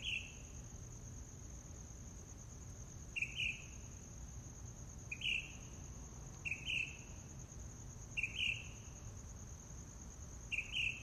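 Mockingbird song: a short, sharp phrase repeated several times, a few seconds apart, with a continuous high insect whine behind it.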